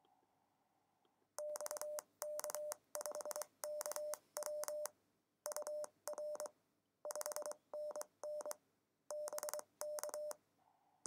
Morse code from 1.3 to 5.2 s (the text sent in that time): XK5KW